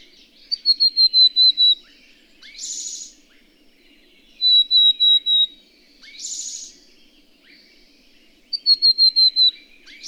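Bird song alternating runs of five or six high, slightly falling whistled notes with short harsh buzzy bursts, the pattern recurring about every four seconds.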